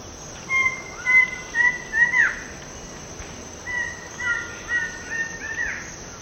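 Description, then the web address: Mouse-colored antshrike song: two phrases of about five notes each in a quick series, over a constant high insect hum. Eastern lowlands of South America. "Natures Songs S America Eastern Lowlands. Mouse-colored Antshrike"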